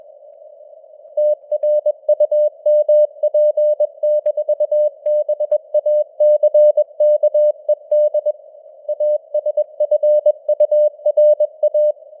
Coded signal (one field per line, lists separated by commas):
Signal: Morse code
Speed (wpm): 21 wpm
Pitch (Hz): 600 Hz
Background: none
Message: TRUMP-BACKED ASFURA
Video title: Morse Code News | 2025-12-30 | 21wpm